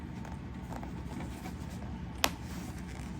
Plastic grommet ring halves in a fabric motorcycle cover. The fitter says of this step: just lock them in, and